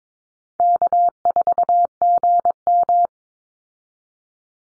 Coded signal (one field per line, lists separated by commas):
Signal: Morse code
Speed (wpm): 22 wpm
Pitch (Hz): 700 Hz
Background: none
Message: K4GM